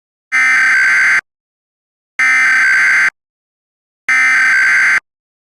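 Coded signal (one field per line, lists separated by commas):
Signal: Emergency Alert System (SAME) tones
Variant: header bursts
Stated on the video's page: Fictional scenario alert, simulated rather than real.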